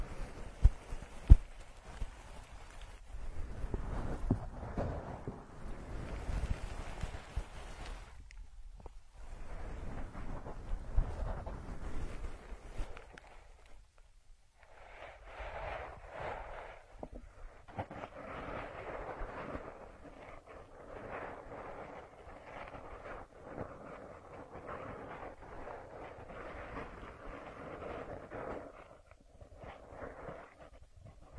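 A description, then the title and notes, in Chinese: Ear massage with no voice: heavy, rumbling rubbing against the microphone with early taps gives way after brief pauses to softer, steady, mid-pitched rustling. 姐姐无人声按摩耳朵（声控助眠）。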